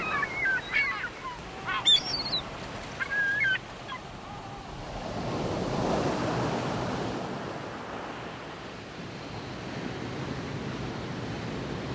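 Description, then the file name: Gull calls, a few short harsh yelping notes in the first four seconds, then steady rushing surf for the rest. Recorded by the sea. "mar y gaviotas"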